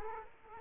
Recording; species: mosquito wingbeat signal from an infrared sensor; Culex quinquefasciatus